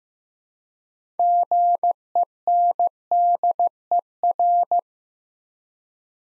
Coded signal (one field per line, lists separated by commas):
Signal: Morse code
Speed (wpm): 15 wpm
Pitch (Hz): 700 Hz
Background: none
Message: GENDER